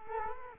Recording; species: mosquito wingbeat signal from an infrared sensor; Culex quinquefasciatus